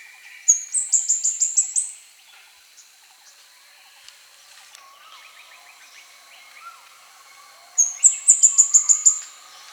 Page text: Plain Flowerpecker Song. Quick Sounds library